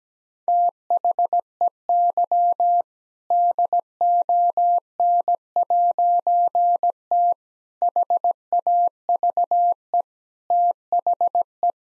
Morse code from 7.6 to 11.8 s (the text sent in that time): HAVE THE